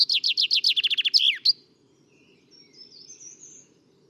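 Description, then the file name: Common chaffinch singing the end of its song, a rapid descending series of chirpy notes closing with a quick flourish, followed by faint, thin sounds. "Fringilla coelebs"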